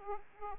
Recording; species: mosquito wingbeat signal from an infrared sensor; Aedes aegypti